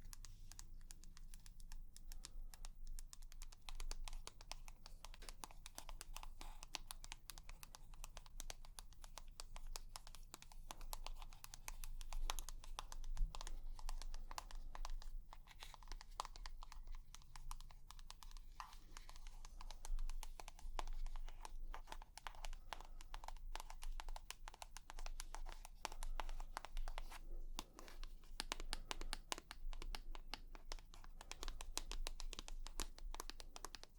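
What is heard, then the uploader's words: Dense, rapid tapping clicks continue throughout at a fairly steady level, crisp, over a low hum. ASMR 100% Tapping for Relaxation & Tingles (No Talking).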